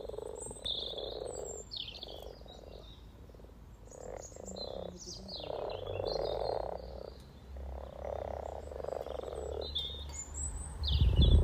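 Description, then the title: Frogs croaking in a chorus, overlapping low purring croaks in bursts of a second or two, with small birds chirping and whistling above throughout. Spring chorus of 20 frogs in a sunny garden pond, some floating or sitting on fresh frogspawn, greeting arriving females; Freshfield, Formby, Merseyside, UK, sunny St Patrick's Day, 17 March 2023. "Frog Chorus Spring sounds first Lunch outside St Patrick’s day 17 March 2023 . Freshfield, Formby"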